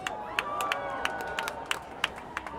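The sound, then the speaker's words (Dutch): A crowd at a demonstration against racism and fascism on the Dam in Amsterdam, 22 March 2025, cheers over a steady roar of voices, with sharp, scattered claps cutting through at an uneven rhythm and a few rising and falling shouts or whistles above the din. “We staan hier met vele, heel veel mensen en we hebben kracht.”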